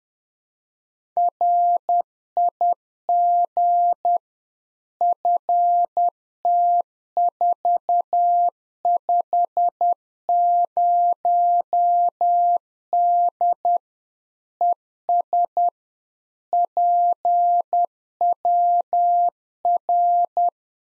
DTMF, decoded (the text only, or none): none